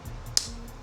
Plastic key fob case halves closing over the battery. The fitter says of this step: Wait for the audible click.